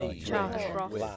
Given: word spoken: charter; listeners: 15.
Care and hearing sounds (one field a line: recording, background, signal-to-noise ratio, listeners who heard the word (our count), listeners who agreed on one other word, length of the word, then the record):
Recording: one English word in noise, from a listening test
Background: four-talker babble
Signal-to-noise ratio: -3.0 dB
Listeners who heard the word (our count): 2 of 15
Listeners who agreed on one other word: 7 of 15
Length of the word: 0.77 s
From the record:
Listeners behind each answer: 7, 2, 1, 1, 1, 1, 1, 1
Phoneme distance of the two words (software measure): 17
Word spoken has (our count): 2 syllables, 4 phonemes, stress on syllable 1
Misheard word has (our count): 1 syllable, 3 phonemes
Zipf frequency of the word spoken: 3.53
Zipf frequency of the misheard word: 4.94